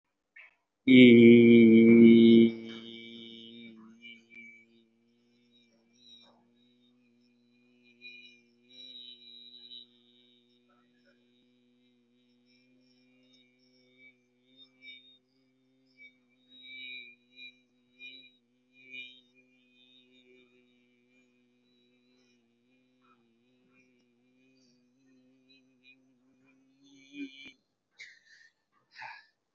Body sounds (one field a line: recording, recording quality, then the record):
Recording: sustained vowel as in beet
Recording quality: excellent, no background noise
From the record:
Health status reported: healthy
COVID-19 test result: negative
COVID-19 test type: RT-PCR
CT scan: not taken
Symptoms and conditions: none ticked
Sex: male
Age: 24 years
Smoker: no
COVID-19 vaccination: both doses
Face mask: worn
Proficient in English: yes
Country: India